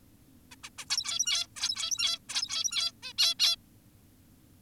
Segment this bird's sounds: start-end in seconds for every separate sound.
0.52-0.56, 0.64-0.70, 0.78-0.85, 0.90-1.47, 1.56-2.19, 2.29-2.92, 3.03-3.13, 3.18-3.34, 3.40-3.56